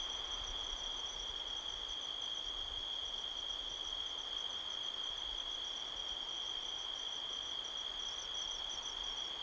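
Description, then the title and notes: Unbroken high cricket trilling with a quieter, pulsing chirp layer above, against a soft background hiss. Midnight, 5 October 2023, canyon at Sedona, Arizona, USA; strong wind blowing across the canyon rustling trees, crickets calling all around. "Midnight Soundscape, Sedona, Arizona, USA on 5th October 2023 – by Joe Harvey-Whyte. A strong wind blows across the canyon, rustling trees. The sound of crickets can be heard all around"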